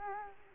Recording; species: mosquito wingbeat signal from an infrared sensor; Culex quinquefasciatus